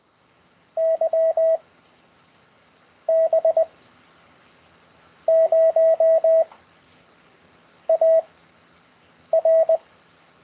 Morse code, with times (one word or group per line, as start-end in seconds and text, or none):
0.8-1.6 Y
3.1-3.6 B
5.3-6.4 0
7.9-8.2 A
9.3-9.8 R